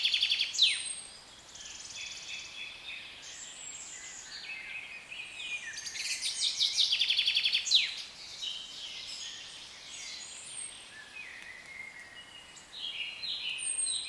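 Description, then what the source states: Bird: busy chorus of small birds with overlapping twitters, trills and brief high whistles, loudest in a rattling run midway, over constant hiss. British birds in a nature atmosphere.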